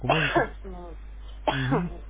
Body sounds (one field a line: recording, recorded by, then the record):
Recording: voluntary cough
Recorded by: telephone call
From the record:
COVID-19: positive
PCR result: checked with the laboratory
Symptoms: yes